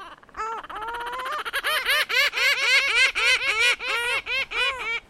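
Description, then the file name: Lava gull laughing call, one drawn-out nasal note followed by a fast, rhythmic run of arched, yelping notes, about four each second. "Canto da Gaivota da Lava"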